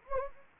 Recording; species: mosquito wingbeat signal from an infrared sensor; Anopheles gambiae